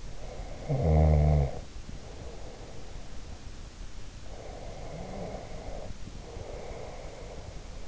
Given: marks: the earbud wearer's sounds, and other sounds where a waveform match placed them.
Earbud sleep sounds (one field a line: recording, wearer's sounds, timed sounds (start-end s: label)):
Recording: sounds in sleep by an in-ear microphone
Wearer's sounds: snoring breath, breath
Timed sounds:
0.17-3.25 s: snoring breath
4.20-7.88 s: breath